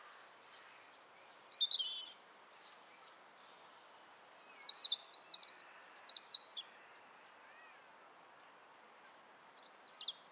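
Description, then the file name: European robin song: a high thin phrase sliding down, a long pause, then a rapid, jumbled warble of high trills before another short note. "Erithacus rubecula"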